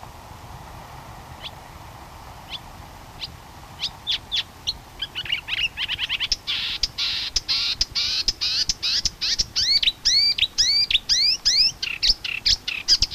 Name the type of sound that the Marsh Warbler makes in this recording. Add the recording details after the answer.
song. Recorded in the wild. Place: Schweinsberg, DE. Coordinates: 50.765, 8.9675. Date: 1964-05-25 00:00. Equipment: Uher Report 4000, AKG D190. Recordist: Krey, Winfried. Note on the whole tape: Gesang